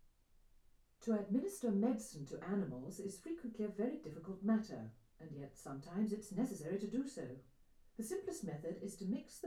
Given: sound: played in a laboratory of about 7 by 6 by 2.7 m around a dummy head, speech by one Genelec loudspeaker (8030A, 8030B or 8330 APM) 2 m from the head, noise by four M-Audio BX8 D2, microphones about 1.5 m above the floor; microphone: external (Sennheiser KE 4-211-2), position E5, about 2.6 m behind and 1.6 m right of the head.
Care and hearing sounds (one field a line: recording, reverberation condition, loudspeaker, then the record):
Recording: female speech in English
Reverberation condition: low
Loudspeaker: 90 degrees to the right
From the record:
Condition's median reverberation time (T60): about 310 ms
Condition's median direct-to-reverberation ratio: about 3.5 dB